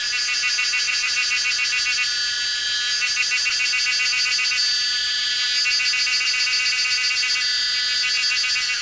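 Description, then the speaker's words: Cicadas singing: a continuous, loud, buzzy pulsing drone that holds steady for the whole stretch, with no other sounds standing out. Presented as a calm, meditation-like sound found in Taiwan. "C'est le son de cigales."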